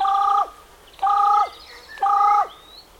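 Carrion crow calls, three loud harsh caws evenly spaced about one second apart, each lasting under half a second.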